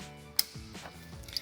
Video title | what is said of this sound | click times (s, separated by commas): How to Troubleshoot a Delta® Touch2O® Kitchen Faucet with Touchless™ Technology | sliding it on from the side until it snaps into place | 0.4 s